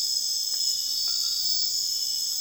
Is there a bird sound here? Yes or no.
no